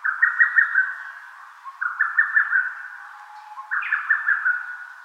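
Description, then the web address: Lesser cuckoo giving short rapid runs of clipped whistled notes, three phrases a little under two seconds apart, with a faint steady tone between them. Recorded 24 May 2014. "birdenaga hototogisu 140524"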